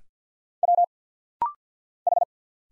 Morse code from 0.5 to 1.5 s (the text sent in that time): W